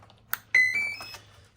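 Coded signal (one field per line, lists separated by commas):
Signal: beep code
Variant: brushless ESC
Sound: a click, then four quick rising electronic notes in one continuous stepped tone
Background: low hum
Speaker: You will hear your 2 beeps followed with your tone, ensuring that you're in programming mode,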